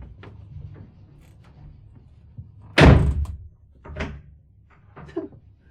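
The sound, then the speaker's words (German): A door slips out of someone's hand and slams shut with one loud, heavy bang, followed by a couple of softer thuds and rattles as it settles. No one speaks. “Da ist mir doch glatt die Tür aus der Hand gerutscht.”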